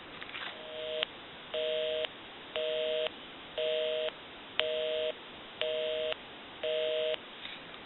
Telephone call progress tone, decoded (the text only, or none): busy tone